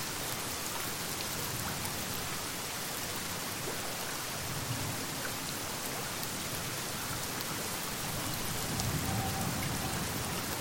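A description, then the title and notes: A river flows in a steady, dense wash of hiss that barely changes in level across the whole stretch. Fine, bright patter runs through it, like rain or snow striking a surface, with a faint low rumble rising briefly near four and nine seconds. Winter at the River | Falling Snow & River Sounds. Find calm with this soothing winter ambiance, blending the soft sound of falling snow and the steady flow of a river.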